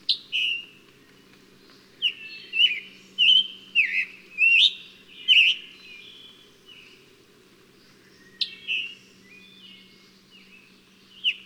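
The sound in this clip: Bird song: a single whistle, a burst of bright whistled notes with sweeping starts, then a few spaced notes and a final single whistle.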